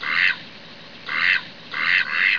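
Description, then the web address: Duck quacking: three harsh, nasal quacks spaced about a second apart, the last one doubled. "BBCMM 003. QDUCK 3"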